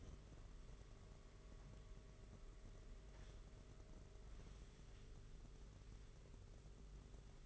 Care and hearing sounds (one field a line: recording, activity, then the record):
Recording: daily activity, microphone in the room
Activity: wipe stove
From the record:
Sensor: 4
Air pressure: 992.3 hPa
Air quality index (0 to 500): 110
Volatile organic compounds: 19 ppm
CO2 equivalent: 2657 ppm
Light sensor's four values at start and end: 22/77/28/30 and 22/76/28/29